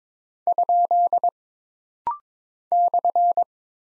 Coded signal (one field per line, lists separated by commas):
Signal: Morse code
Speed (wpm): 22 wpm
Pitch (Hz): 700 Hz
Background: none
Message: ? /